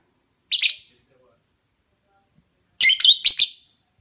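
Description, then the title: Lovebird giving shrill, high chirps: one short burst, then after a two-second pause a quick series of three harsh chirps, with a silent background. Lovebird mating call, used as a lure. "Suara Lovebird Kawin Untuk Pancingan"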